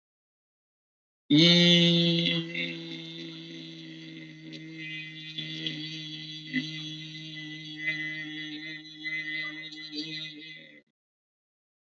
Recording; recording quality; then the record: sustained vowel as in beet; excellent, no background noise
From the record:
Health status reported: healthy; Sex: male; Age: 47 years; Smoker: yes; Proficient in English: yes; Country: India